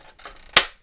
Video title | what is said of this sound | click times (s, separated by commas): Cobra HISS III / Cobra H.I.S.S. 3 GI Joe Retro Collection Unboxing + Assembly + Rip It Figure Review | pop them in yep there we go you hear that nice snap and i'm sure this is never going to come apart again | 0.6 s